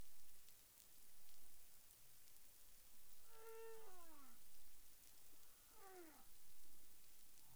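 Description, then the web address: Humpback whale calls: a harmonic moan sweeping downward, then a shorter descending call, over steady hissing underwater noise. Caribbean; recorded 30 January 2021 at 13:06 UTC. "CARIMAM clean data humpback whale 20210130 130658 UTC"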